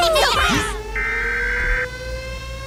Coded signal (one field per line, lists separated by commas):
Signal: Emergency Alert System (SAME) tones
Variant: header bursts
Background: speech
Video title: Minions react to EAS Scenario: The Mandela Effect